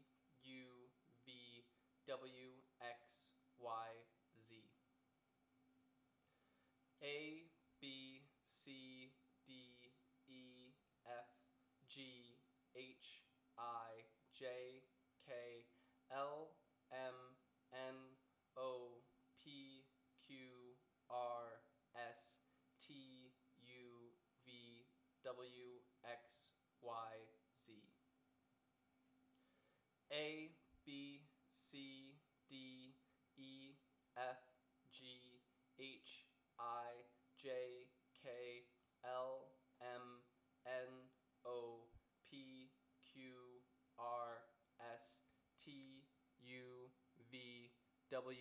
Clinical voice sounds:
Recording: letters of the alphabet, spoken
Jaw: free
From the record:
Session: first day, before the bite bar

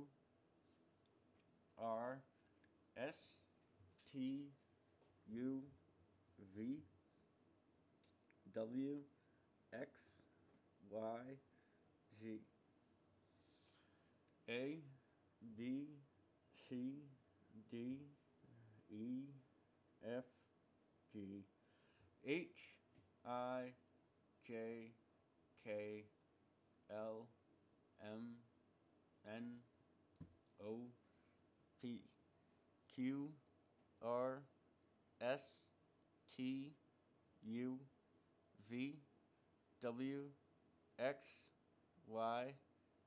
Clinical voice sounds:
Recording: letters of the alphabet, spoken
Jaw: constrained by a bite bar between the teeth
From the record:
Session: first day, right after the free take

